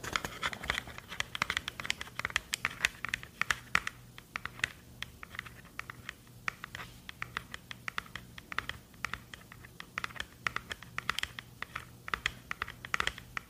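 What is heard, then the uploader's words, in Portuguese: Quick tapping sounds, sharp clicky strikes in an uneven but steady stream across the whole fourteen seconds, with brief clusters and small pauses. Each tap is bright and crisp, and a low steady hum sits underneath throughout. ASMR com MUITO TAPPING! (No Talking). Sons de tapping.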